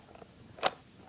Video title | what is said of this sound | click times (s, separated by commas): Cyma cm.028U ak-47 assault rifle | you push it back, and then it locks in place. | 0.7 s